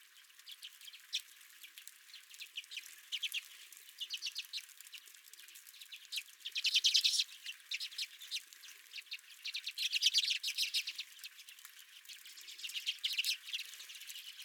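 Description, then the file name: Redpolls calling with quick, dry chattering notes in irregular bursts, louder spells near seven and ten seconds. Redpolls at the recordist's feeder. "Redpolls at My Feeder"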